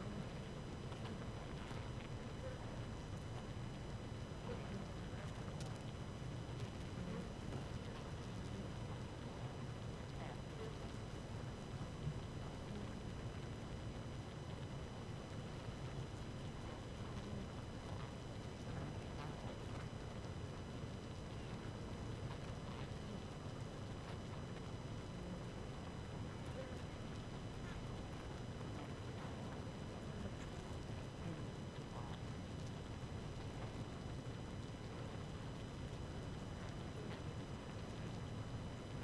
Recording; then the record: honeybee colony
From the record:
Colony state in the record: active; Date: 12 June 2018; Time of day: 4:06